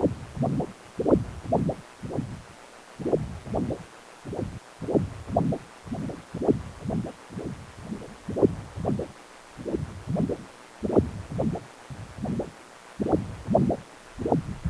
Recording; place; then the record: Doppler ultrasound of blood flow; precordium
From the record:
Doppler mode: continuous wave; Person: healthy adult, 18 to 50 years, no heart murmur, not diving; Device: 2.5 MHz transducer